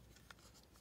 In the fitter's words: it snaps back in that's pretty cool so